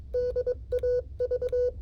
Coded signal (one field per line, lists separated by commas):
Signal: Morse code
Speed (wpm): 22 wpm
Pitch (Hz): 500 Hz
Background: none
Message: DAV